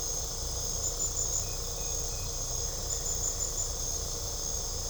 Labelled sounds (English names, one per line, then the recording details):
none
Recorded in pastures near Puerto Asís, Putumayo, Colombia, on 18 December 2024 at 22:00
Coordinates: 0.497, -76.327
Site G088